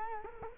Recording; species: mosquito wingbeat signal from an infrared sensor; Culex quinquefasciatus